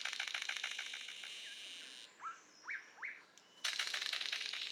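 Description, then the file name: Golden bowerbird giving a buzzy rattle, then three short rising notes, then the rattle again. "Prionodura Newtoniana"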